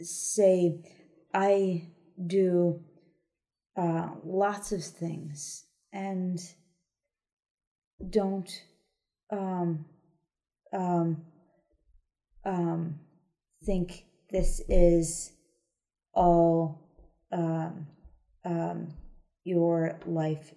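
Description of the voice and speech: An adult woman with aphasia after a stroke speaks in slow, halting bursts, with long silent gaps and repeated 'um' fillers as she searches for words; short phrases come out between the pauses. This word-finding difficulty and broken fluency fit post-stroke aphasia.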